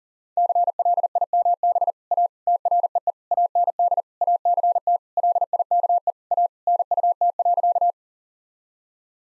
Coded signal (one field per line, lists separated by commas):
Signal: Morse code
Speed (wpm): 40 wpm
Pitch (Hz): 700 Hz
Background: none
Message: CLIMB A TREE AND ACT LIKE A NUT.